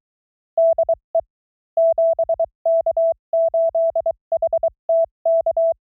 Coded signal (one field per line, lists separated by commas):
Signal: Morse code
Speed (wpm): 23 wpm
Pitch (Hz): 660 Hz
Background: none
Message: DE 7K8HTK